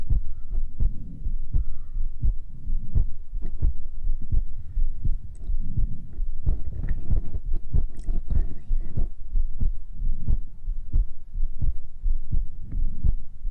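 Close-up ASMR sound of an adult's normal heartbeat with breathing, at about 83 beats per minute.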